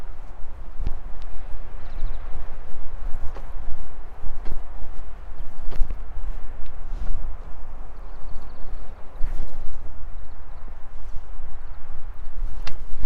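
A hoe hills soil around potato plants, with sharp irregular thuds every one to three seconds over a steady low rumble and gritty scraping.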